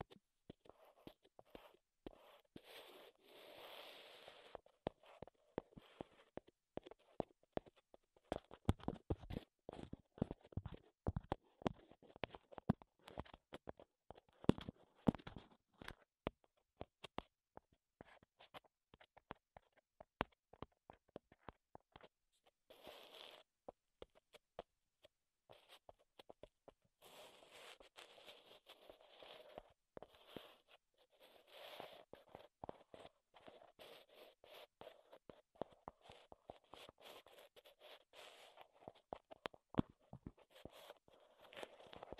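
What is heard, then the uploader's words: Wood ASMR triggers: a dense run of sharp taps and clicks on wood throughout, with a quick flurry of harder taps around 8 to 15 seconds. Softer scratching and rubbing sounds come and go, most steadily in the second half. ASMR Wood Triggers in Your Ears (No Talking).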